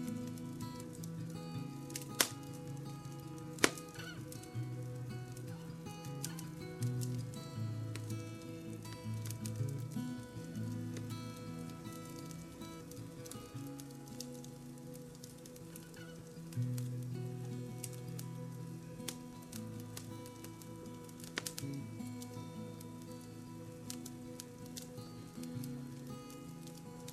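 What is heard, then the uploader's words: A fire crackles over soft music that holds low, sustained tones throughout. Sharp pops and snaps break through irregularly, with the loudest around two and four seconds and others near eleven, seventeen and twenty-one seconds, over a steady patter of smaller crackles. Experience a warm and relaxing ambiance with this episode featuring the crackling of a fire and gentle music to help you drift off peacefully. Gentle MUSIC and Crackling FIRE.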